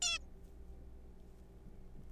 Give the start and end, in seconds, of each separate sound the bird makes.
0.02-0.18